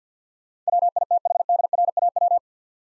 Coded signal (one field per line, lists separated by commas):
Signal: Morse code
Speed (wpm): 50 wpm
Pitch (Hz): 700 Hz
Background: none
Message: WITHDRAW